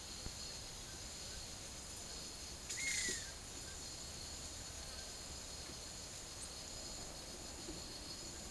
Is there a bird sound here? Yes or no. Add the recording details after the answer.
yes. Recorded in secondary vegetation near Puerto Asís, Putumayo, Colombia, on 21 March 2025 at 12:00. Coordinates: 0.489, -76.322. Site G042